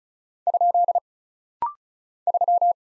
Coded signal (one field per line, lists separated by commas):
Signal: Morse code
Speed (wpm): 33 wpm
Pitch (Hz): 700 Hz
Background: none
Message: ? 3